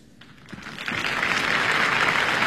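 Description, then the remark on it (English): A theatre audience bursts into applause for an actor's third-act entrance, the clapping swelling quickly from a thin patter into a loud, steady roar of many hands that holds to the end. “Applauding a third act entrance.”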